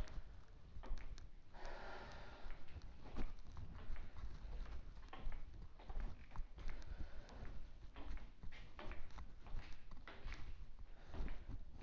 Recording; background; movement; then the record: deep breathing; quiet; walking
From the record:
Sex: female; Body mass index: 18.3 kg/m2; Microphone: on the chest, facing outward